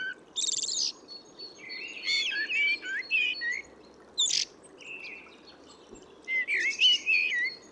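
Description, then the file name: Eurasian blackbird giving varied warbled whistles mixed with buzzy high twitters in uneven phrases, with a soft continuous hiss behind. "Turdus merula"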